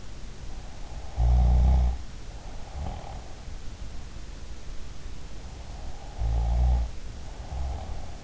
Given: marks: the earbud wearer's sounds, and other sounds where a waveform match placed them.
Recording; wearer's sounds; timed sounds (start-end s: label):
sounds in sleep by an in-ear microphone; snoring breath
1.10-3.29 s: snoring breath
6.02-8.24 s: snoring breath